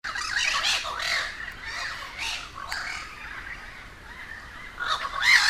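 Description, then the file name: Crows squawking harshly together, dense overlapping caws early on, easing off in the middle, then a loud burst near the end. A gathering of crows in Cuba. "Quiet American - aaron ximm-humbold park cuba-convocation of crows"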